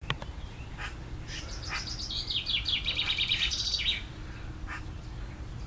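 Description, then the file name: Eurasian magpie giving a harsh, rapid rattling chatter lasting nearly three seconds, preceded and followed by a few isolated sharp notes. "Pica pica"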